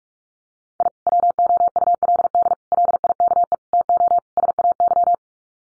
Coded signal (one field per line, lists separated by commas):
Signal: Morse code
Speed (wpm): 44 wpm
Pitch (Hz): 700 Hz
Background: none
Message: I WOULD LIKE TO SAY